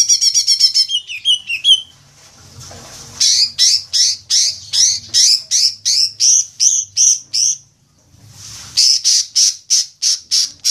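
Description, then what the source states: Leafbird song: a fast twittering burst, then a steady series of sharp descending chips, a short pause, and the chips resume. Local name cucak ijo; described as gacor, meaning singing vigorously.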